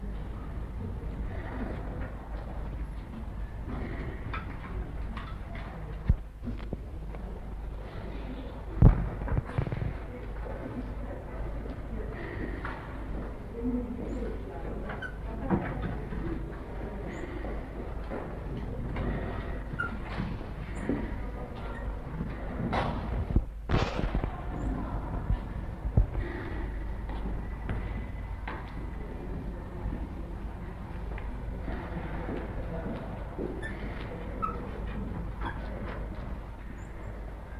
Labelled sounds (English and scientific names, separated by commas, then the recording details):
Goeldi's Marmoset (Callimico goeldii)
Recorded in captivity
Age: adult
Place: Zoo Hannover, Niedersachsen, DE
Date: 1960-11-30 15:45
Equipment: Minifon, Kopie Smaragd
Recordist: Tembrock, Günter